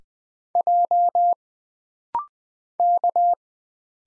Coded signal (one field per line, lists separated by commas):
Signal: Morse code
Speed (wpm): 20 wpm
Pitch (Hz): 700 Hz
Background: none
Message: J K